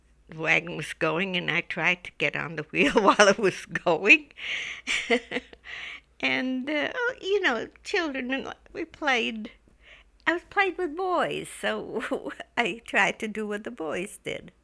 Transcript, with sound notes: the wagon was going, and I tried to get on the wheel while it was going. ( she laughs ) And, you know, children, we played, and I played with boys, so I tried to do what the boys did.